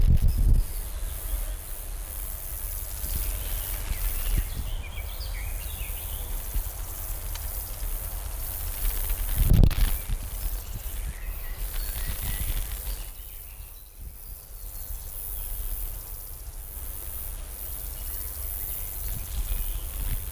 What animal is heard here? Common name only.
Roesel's Bush-cricket